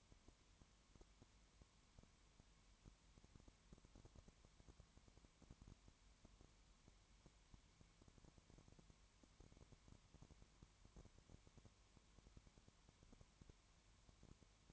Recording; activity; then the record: daily activity, microphone in the room; no activity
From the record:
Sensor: 3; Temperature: 20.2 degrees Celsius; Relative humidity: 31.4%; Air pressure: 1001.3 hPa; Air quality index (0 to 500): 74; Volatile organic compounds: 1 ppm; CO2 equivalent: 693 ppm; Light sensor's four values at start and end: 2/3/2/2 and 2/3/2/2